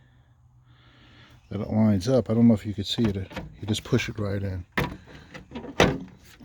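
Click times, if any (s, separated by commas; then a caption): 5.8 s. A plastic front grille on a 2010–2013 Nissan Altima is lined up with its notch and pushed in by hand into the car's front bumper/fascia while someone talks. A sharp click at 5.8 seconds marks the grille clip snapping into place, seated.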